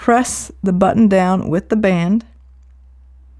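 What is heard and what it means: A Google Pixel Watch 3 (45mm, Hazel) smartwatch band is handled at the watch case slot while someone talks about pressing the band's button down. Speech fills the first 2.2 seconds, then the clip goes quiet apart from a faint tick near 2.6 seconds. The band has not yet slid into the case, and nothing has seated or clicked.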